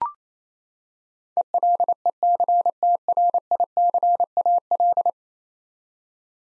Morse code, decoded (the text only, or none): ELECTRICAL